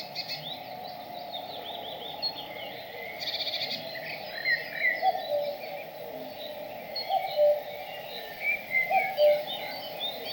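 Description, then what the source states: Bird: mostly high, thin chirps and twitters at first, then low two-note whistles enter in the second half, repeated a few times. In a forest.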